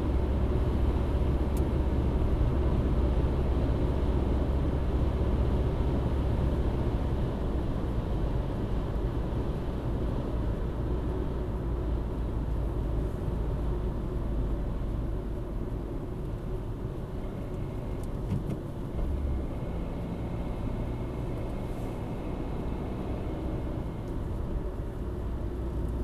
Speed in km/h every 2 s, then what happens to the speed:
90, 90, 89, 88, 80, 75, 69, 62, 61, 62, 66, 65, 58.
0-6 steady at about 89. 6-14 slows to 62. 14-22 steady at about 62. 22-26 slows to 58.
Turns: none.